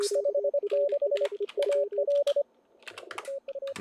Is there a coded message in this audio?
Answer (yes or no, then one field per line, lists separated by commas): yes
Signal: Morse code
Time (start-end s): 0.2-3.7 s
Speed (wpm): 33 wpm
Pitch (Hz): 560 Hz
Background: none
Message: 56 AL TU